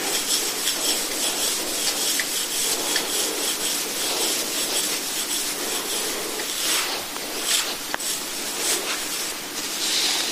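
Massage instruments produce a continuous dry rubbing and scraping, dense and fairly even throughout, with bright hissy texture and little low end. Brief sharper taps stand out near seven and eight seconds, and the friction swells slightly in uneven strokes.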